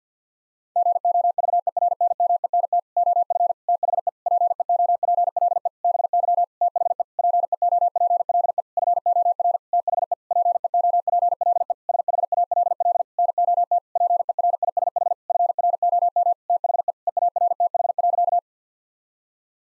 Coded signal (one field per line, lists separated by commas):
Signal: Morse code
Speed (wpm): 50 wpm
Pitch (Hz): 700 Hz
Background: none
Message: GOVERNMENT OF THE PEOPLE BY THE PEOPLE FOR THE PEOPLE SHALL NOT PERISH FROM THE EARTH.